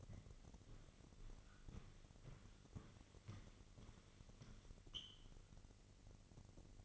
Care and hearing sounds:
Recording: daily activity, microphone in the room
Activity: walk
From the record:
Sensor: 4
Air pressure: 1002.5 hPa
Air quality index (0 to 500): 223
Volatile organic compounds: 13 ppm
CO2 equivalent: 2410 ppm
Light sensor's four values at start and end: 21/72/27/27 and 21/72/26/26

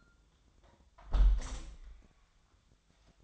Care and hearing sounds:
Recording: daily activity, microphone in the room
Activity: close window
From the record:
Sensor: 3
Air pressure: 1004.6 hPa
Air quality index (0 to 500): 90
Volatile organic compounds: 3 ppm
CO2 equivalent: 1391 ppm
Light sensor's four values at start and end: 7/17/7/6 and 7/16/6/6

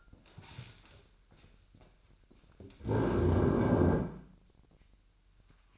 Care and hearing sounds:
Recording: daily activity, microphone in the room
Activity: stand up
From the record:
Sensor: 2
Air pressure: 1001.8 hPa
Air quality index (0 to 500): 236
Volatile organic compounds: 67 ppm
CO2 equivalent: 3488 ppm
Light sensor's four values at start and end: 8/19/8/8 and 6/15/6/7

